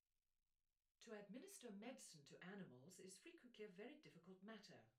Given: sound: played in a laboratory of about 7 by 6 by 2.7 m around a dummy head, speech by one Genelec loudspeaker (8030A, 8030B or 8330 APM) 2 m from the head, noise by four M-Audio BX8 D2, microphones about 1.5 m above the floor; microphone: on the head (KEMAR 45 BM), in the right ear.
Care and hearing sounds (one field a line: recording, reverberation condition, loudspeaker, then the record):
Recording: female speech in English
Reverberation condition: low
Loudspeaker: 30 degrees to the left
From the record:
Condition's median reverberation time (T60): about 310 ms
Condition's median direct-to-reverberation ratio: about 3.5 dB